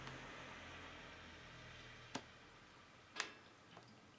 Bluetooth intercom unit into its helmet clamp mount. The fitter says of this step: l'entendis le petit clic l'ebit est placé voyez ce que ça donne